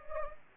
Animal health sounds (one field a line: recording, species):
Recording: mosquito wingbeat signal from an infrared sensor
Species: Anopheles gambiae